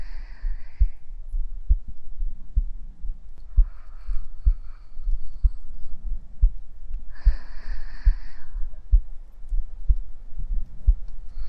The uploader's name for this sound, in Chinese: 下雨天，躺在妈妈怀里！听到的心跳声